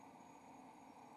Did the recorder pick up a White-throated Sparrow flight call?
no